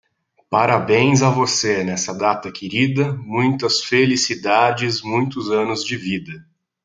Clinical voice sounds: short text; Brazilian Portuguese; male; 30 to 39 years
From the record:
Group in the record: control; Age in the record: 35 years

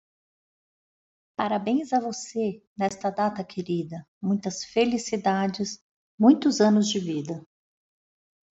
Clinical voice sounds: short text; Brazilian Portuguese; female; 50 to 59 years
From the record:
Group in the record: control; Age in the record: 51 years

